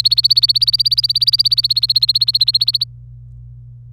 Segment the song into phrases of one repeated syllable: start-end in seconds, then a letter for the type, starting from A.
0.00-2.84 A